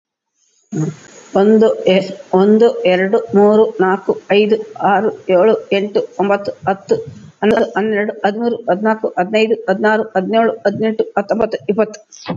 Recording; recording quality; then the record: counting at a fast pace; excellent, no background noise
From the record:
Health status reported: COVID-19 positive, moderate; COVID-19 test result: positive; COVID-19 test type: RT-PCR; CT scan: not taken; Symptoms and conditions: cough, cold, breathing difficulty, fever, fatigue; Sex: female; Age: 57 years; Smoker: no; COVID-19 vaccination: one dose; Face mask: not worn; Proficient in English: yes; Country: India